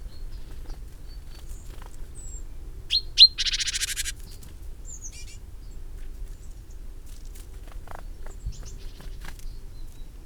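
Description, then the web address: Great tit call: a high thin note followed by a harsh, buzzy churring rattle lasting about a second, with a few scattered high chirps and low background rumble. "SETE data Parus major"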